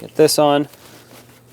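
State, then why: Not seated. Someone talks briefly while handling a plastic valve cover breather hose connector that is to be clipped onto its port on a 1999-2016 Ford E-350 with a 5.4L V8 during an intake manifold replacement. After the talking, only faint low background sound follows. The connector has not seated or clicked yet.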